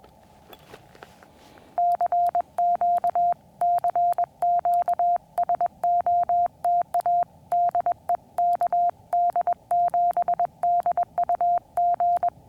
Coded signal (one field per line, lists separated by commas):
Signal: Morse code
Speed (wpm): 21 wpm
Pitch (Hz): 690 Hz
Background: none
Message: CQ CQ SOTA DE KD7DUG